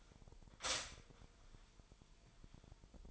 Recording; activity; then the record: daily activity, microphone in the room; stop toaster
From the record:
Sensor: 5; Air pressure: 1002.1 hPa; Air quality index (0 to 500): 209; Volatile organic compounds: 20 ppm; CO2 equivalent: 2702 ppm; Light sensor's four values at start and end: 33/108/41/43 and 33/108/41/43